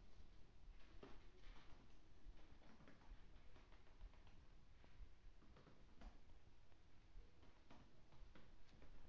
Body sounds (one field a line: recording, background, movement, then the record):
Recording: deep breathing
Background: quiet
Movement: sitting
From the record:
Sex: male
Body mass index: 20.5 kg/m2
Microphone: on the chest, facing outward